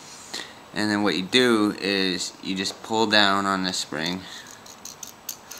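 Someone talks while handling the BB magazine of a Daisy Powerline 5501 .177 caliber air pistol, starting to pull its spring-loaded follower down so it will lock in place for loading. A few small, sharp ticks follow near the end, from about 4.9 to 5.5 seconds. The follower has not locked down or seated yet.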